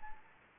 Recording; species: mosquito wingbeat signal from an infrared sensor; Anopheles arabiensis